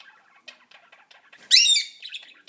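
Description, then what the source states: Indian ringneck parakeet giving one loud, harsh, rasping squawk under half a second long, with soft chirps from other small birds before and after it. Female pet bird caged in a living room with other caged pet birds, squawking at a person on a Thanksgiving morning in 2010.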